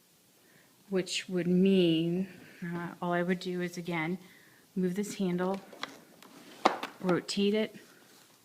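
Someone talks while moving the release handle on an Orbit G2 stroller and starting to rotate the stroller seat on its rotating lock at the frame hub toward the front-facing position. A few brief handling knocks come between the words, the loudest near 6.7 s. The clip ends before the seat lock snaps home, so nothing has seated or clicked yet.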